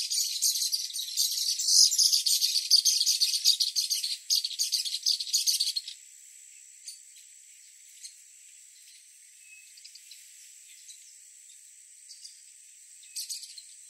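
Bird chatter: six seconds of dense, rapid, high buzzy notes, then a steady thin high whine with scattered faint ticks and a brief burst near the end.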